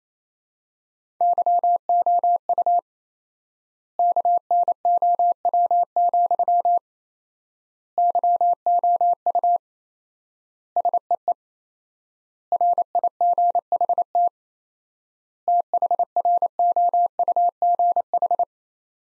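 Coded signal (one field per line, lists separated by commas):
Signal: Morse code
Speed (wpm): 27 wpm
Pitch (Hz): 700 Hz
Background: none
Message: YOU KNOW, YOU SEE RIGHT THROUGH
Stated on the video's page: Morse practice: sentences from the top 200 words at 28 wpm with 4x word spacing, a word-based version of Farnsworth spacing.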